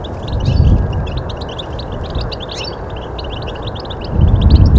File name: Carduelis carduelis